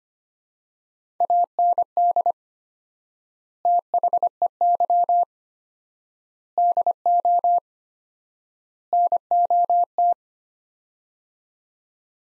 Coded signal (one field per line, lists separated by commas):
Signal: Morse code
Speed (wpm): 25 wpm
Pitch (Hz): 700 Hz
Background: none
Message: AND THEY DO NOT